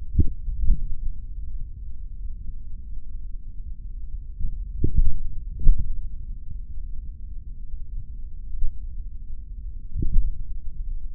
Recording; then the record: forearm muscle sounds (acoustic myography)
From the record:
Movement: tripod grip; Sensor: system 3, bracelet of six PUI Audio POM-2738L microphones around the upper forearm, with dedicated amplification and filtering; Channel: 5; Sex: male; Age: 26 years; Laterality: right